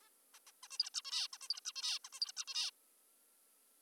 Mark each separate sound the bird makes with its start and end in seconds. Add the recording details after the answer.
0.02-0.10, 0.34-0.39, 0.47-0.52, 0.64-0.68, 0.71-0.78, 0.79-0.90, 0.94-1.02, 1.05-1.28, 1.33-1.38, 1.42-1.48, 1.50-1.60, 1.65-1.72, 1.76-1.99, 2.05-2.09, 2.13-2.20, 2.21-2.32, 2.37-2.45, 2.48-2.71. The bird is an adult. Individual g19o3U